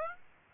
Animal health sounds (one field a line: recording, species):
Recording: mosquito wingbeat signal from an infrared sensor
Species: Aedes aegypti